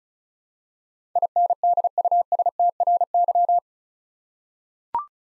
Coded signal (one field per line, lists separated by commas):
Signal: Morse code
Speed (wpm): 36 wpm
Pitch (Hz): 700 Hz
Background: none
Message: INDUSTRY